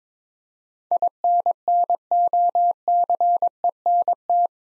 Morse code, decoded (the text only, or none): INNOCENT